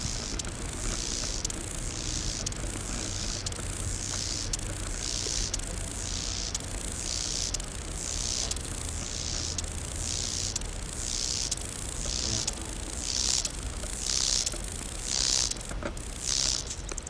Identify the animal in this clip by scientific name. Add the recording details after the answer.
Chorthippus albomarginatus. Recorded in the wild. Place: Eutin, Holsteinische Schweiz, Schleswig-Holstein, DE. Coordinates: 54.132, 10.614. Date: 1992-09-10 12:12. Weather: wolkig-heiter, 17°C. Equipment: Marantz CP 430, Sennheiser ME 80, Kopie Tesla B 116. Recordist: Tembrock, Günter